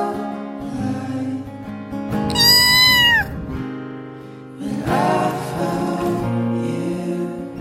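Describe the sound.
Cat meow, a single clear drawn-out cry lasting under a second, set against steady droning music that continues throughout.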